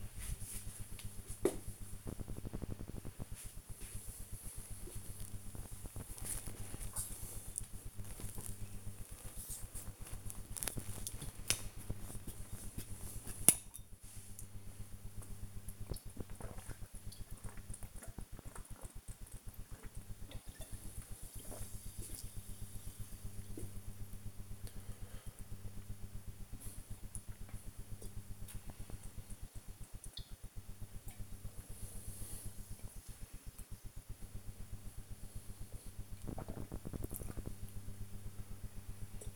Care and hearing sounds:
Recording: household activities, microphone on the right wrist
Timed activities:
7.15-39.35 s: drinking

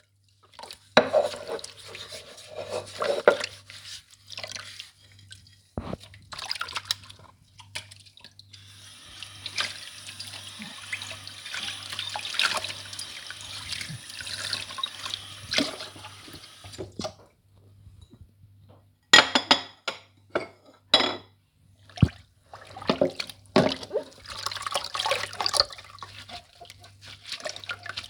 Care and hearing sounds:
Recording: household activities, microphone on the right wrist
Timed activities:
0.00-28.10 s: washing dishes

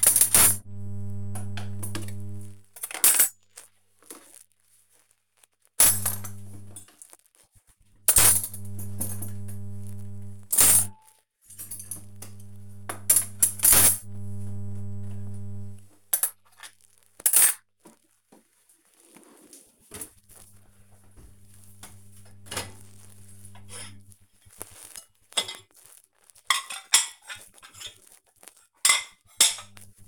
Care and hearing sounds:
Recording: household activities, microphone on the right wrist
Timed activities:
0.00-30.08 s: cleaning out the dishwasher

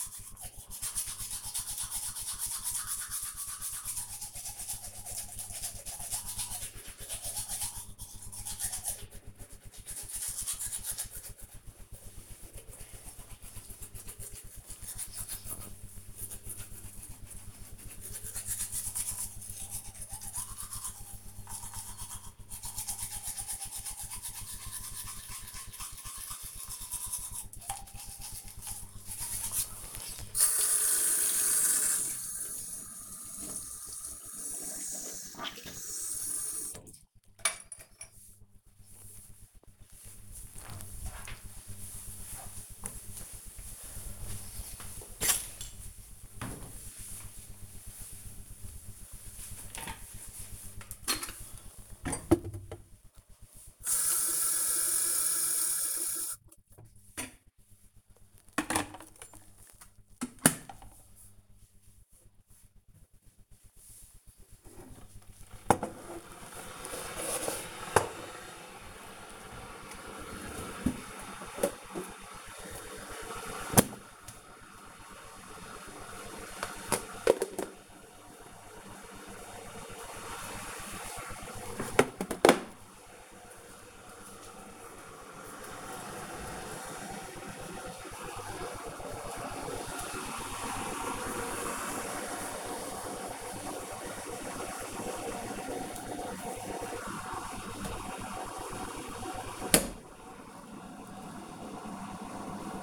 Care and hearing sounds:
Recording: household activities, microphone on the right wrist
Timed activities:
0.00-38.22 s: brushing teeth
51.33-102.83 s: making tea

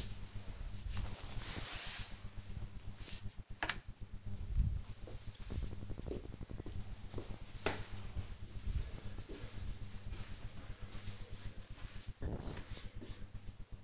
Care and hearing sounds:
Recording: household activities, microphone on the right wrist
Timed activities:
0.00-2.62 s: floor cleaning

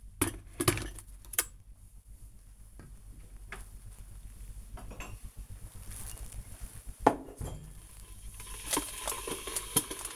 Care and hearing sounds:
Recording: household activities, microphone on the right wrist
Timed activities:
0.00-10.16 s: making tea

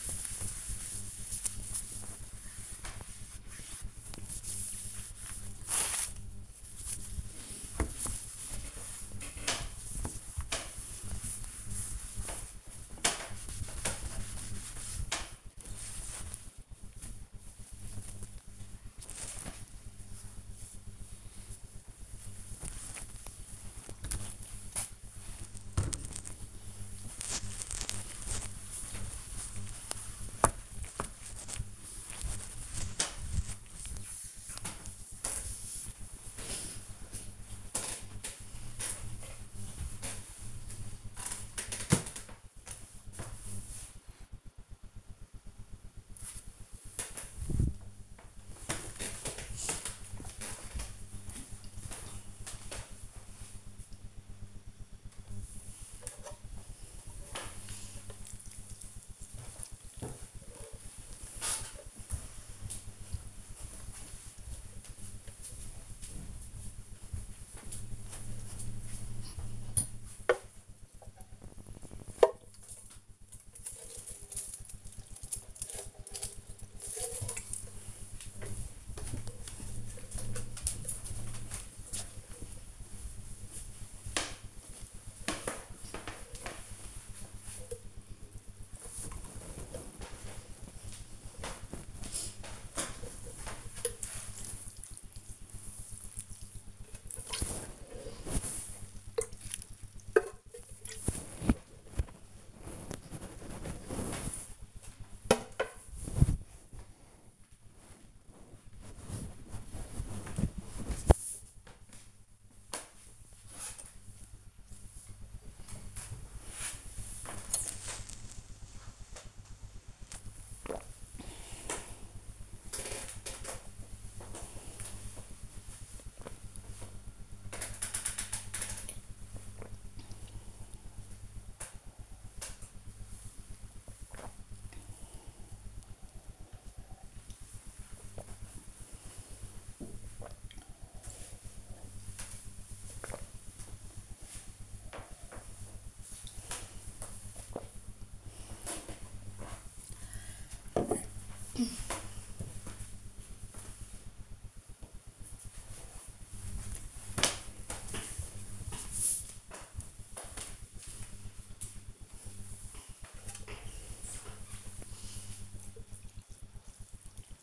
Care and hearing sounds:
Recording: household activities, microphone on the right wrist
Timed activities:
0.00-36.49 s: window cleaning
54.58-104.85 s: watering plant
114.89-148.07 s: drinking
162.13-167.43 s: watering plant

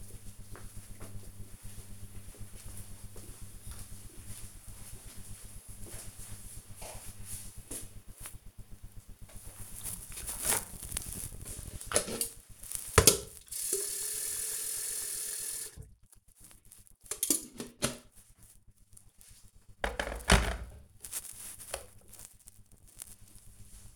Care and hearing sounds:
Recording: household activities, microphone on the right wrist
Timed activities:
8.41-23.96 s: making tea

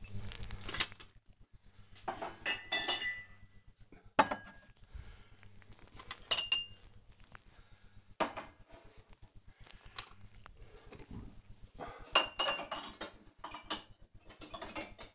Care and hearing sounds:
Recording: household activities, microphone on the right wrist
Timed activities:
0.00-15.15 s: putting away the dishes

